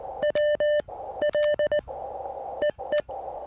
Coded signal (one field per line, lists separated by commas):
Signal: Morse code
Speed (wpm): 17 wpm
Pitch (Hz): 600 Hz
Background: none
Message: W L EE